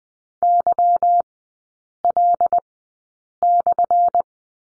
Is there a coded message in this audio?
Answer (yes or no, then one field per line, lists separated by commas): yes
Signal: Morse code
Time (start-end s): 0.4-4.2 s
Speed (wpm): 20 wpm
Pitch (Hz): 700 Hz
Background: none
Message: YL/